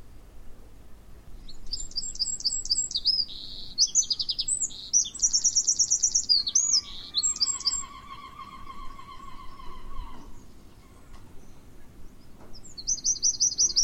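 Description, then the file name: Eurasian wren's high, rapid trilling song, with another phrase starting near the end, while lower trilled notes from another bird are heard in the middle. "Troglodytes troglodytes"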